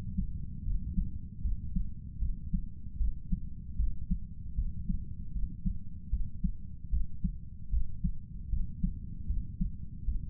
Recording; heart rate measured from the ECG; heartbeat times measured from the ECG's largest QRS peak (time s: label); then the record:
heart sounds by stethoscope; 77 bpm
0.64 s: heartbeat
1.42 s: heartbeat
2.19 s: heartbeat
2.98 s: heartbeat
3.77 s: heartbeat
4.56 s: heartbeat
5.33 s: heartbeat
6.10 s: heartbeat
6.90 s: heartbeat
7.70 s: heartbeat
8.50 s: heartbeat
9.27 s: heartbeat
10.05 s: heartbeat
From the record:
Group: healthy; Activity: cold pressor test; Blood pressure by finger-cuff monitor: 121/69 mmHg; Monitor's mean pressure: 83 mmHg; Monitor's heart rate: 76 bpm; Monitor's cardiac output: 7.5 L/min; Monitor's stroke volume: 98 mL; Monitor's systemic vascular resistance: 820 dyn s/cm5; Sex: male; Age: 35 years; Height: 180 cm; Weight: 86.9 kg